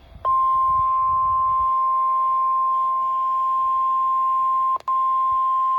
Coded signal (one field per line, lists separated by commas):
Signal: Emergency Alert System (SAME) tones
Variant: 1050 Hz attention tone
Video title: TORNADO WATCH-UPSTATE NY (EAS #024)(WATCH #010)